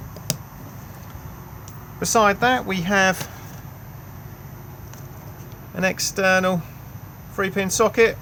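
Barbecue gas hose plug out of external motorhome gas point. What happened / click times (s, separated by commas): The quick-release plug snapped free of its socket / 0.3 s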